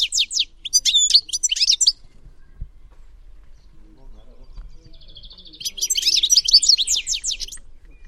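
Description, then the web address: European goldfinch singing a lively twittering phrase, going quiet for about three seconds, then bursting into another rush of tinkling, chattering notes. "Deverinetal"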